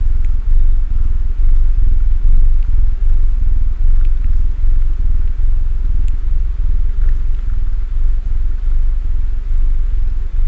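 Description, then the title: Domestic cat purr, continuous low vibrating rumble that swells and dips with each breath, with faint soft clicks above it. Domestic cat purring while snuggling. "ASMR Cat Snuggles REAL PURRING"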